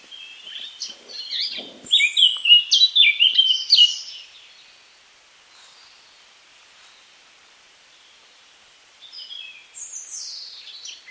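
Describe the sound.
Eurasian Blackcap song, soft scratchy notes building into a loud, rapid fluty warble for about two seconds, then silence and a faint warbled phrase later.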